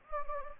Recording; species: mosquito wingbeat signal from an infrared sensor; Anopheles gambiae